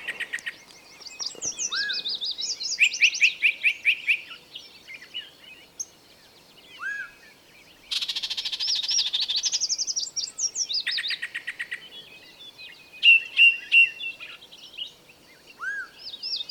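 Bird chorus: twittering phrases, a long dry buzzing rattle, quick repeated chirp series and occasional slurred whistles over a quiet background.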